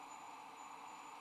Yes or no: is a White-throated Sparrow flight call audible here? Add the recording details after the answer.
no. No flight call is heard. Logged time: 05:44 on 18 December 2014